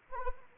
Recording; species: mosquito wingbeat signal from an infrared sensor; Anopheles arabiensis